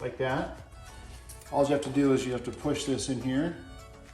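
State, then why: Not seated. A floor transition strip for a Nova Floor vinyl flooring system is handled beside its grooved base track secured to the floor, ready to be pushed in, while someone talks over background music. Nothing has seated or snapped into the track yet.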